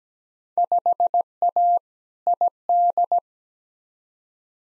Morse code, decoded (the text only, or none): 5A ID